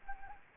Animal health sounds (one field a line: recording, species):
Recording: mosquito wingbeat signal from an infrared sensor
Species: Anopheles gambiae